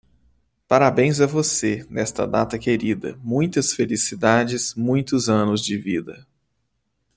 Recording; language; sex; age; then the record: short text; Brazilian Portuguese; male; 30 to 39 years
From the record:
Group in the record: control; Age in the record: 32 years